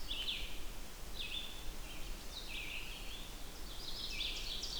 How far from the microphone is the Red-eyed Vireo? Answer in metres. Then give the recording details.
about 65 m. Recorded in boreal forest in Alberta, Canada, on 16 June 2016 at 08:41. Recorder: SongMeter 3, array SBT-3-32. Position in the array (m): 44 m, 16 m